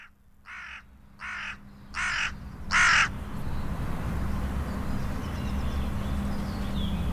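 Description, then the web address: Hooded crow cawing four times in a rough evenly spaced series, the calls growing louder, then only a low rumbling background noise for the remaining seconds. "agykontroll Madardalok Cd 2. Dolmányos varjú"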